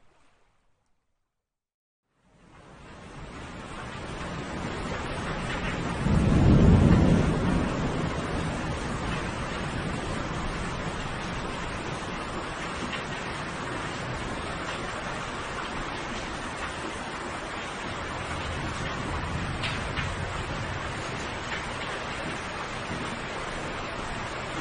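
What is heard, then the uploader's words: A thunderstorm fills the scene with a dense, steady hiss of rain after about two seconds of near silence. Around six to seven seconds a deep roll of thunder swells and fades. The wash then holds even, with faint brighter flickers and a soft low rumble near twenty seconds. The natural sound of thunderstorms and white noise.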